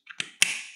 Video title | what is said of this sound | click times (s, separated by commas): Croisillons autonivelant pour carrelage Pro-Leveling | ceci ça se clipse tout simplement et pour après hop ça vient et tu vis | 0.4 s